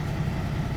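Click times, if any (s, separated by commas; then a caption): none. During a truck pre-trip inspection, a new headlight bulb assembly is handled as it is fitted back into its headlight housing. A steady, low engine idle hum runs throughout with no sharp clicks. The assembly has not snapped into place yet.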